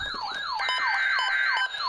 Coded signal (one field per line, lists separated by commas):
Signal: Emergency Alert System (SAME) tones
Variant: header bursts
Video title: NOAA Weather Radio EAS #112: Severe Thunderstorm Warning